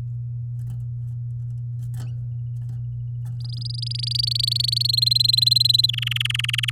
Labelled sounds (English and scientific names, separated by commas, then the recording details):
Domestic Canary (Serinus canaria) song
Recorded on 8 May 2018 at 11:03
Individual llb16